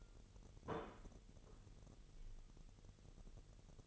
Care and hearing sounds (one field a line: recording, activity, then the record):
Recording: daily activity, microphone in the room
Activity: place plate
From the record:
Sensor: 4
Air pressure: 989.4 hPa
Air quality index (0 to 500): 212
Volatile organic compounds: 61 ppm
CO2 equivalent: 3426 ppm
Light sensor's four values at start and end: 26/91/33/35 and 26/91/33/35